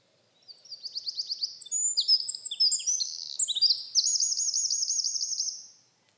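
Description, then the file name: Eurasian wren giving a vigorous, high-pitched song of rapid chips and short runs, finishing in a long, fast rattle-like trill before falling silent. "Troglodytes troglodytes"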